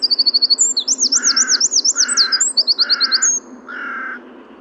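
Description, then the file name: Eurasian wren song: a loud, very high, fast trilled warble of about three seconds. Four harsh, lower bursts sound about once a second, mostly alongside the trill, over a steady hiss. "Troglodytes troglodytes"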